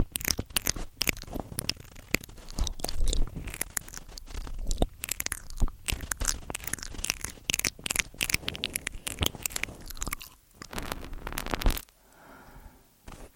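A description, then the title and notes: Eating sounds in an ASMR style: dense, irregular crunches and wet chewing clicks come in quick bursts with hardly a pause for about twelve seconds. The crunching stops abruptly near the end, leaving a faint soft hiss for the last second or so. Simple Ear Eating, Complex Tingels ~ ASMR TASCAM.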